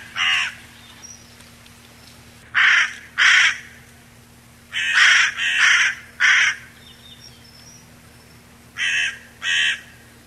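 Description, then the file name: Carrion crow giving harsh, hoarse caws, single and in pairs or triplets, spaced by short pauses of silence. 10 July 1992. "10 07 92 Ccorone"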